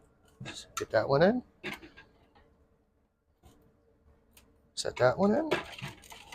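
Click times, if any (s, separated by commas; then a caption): none. A plastic media tray of a canister filter is being handled and restacked onto the tray below while someone talks. A few short knocks and handling sounds come between and after the speech, but nothing has seated or clicked yet.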